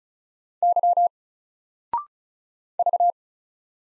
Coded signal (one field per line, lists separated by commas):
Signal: Morse code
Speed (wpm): 36 wpm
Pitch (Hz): 700 Hz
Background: none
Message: Y V